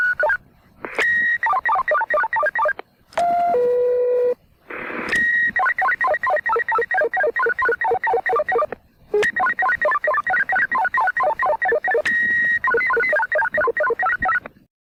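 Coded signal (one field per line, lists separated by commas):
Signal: five-tone selective call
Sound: fast runs of short beeping tones at varying pitches, interrupted by long steady tones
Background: radio static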